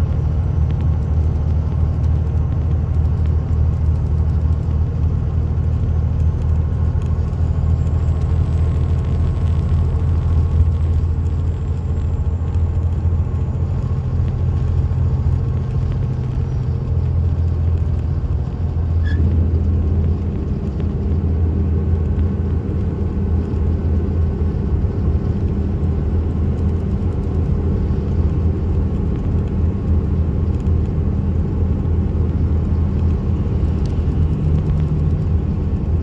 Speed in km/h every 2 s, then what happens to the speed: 106, 106, 108, 109, 113, 114, 114, 114, 113, 111, 111, 111, 109, 109, 109, 109, 109, 109.
0-10 speeds up to 114. 10-36 steady at about 111.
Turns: none.